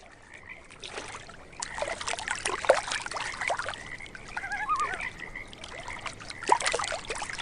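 Frogs calling in a continuous chorus, with lapping water in the background.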